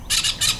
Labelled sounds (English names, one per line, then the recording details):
Brown-throated Parakeet contact call
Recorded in Venezuela
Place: Cerro Saroche, Hato Dalmatela, Edo. Lara
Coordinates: 10.149, -69.534